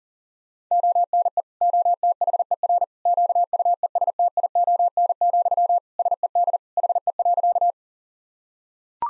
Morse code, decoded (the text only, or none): ONE OTHER QUESTION, SED HE.